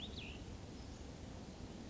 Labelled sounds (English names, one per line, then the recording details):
Cassin's Vireo
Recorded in Sonoma County, California